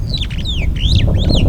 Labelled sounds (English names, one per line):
Superb Starling flight call